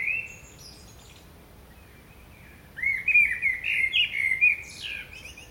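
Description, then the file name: Common blackbird song: the end of one phrase, a pause, then a rich warbling phrase that breaks into squeaky high notes. "Turdus merula"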